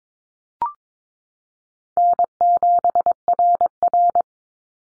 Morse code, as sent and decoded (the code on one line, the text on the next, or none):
-. --... .-. .-.
N7RR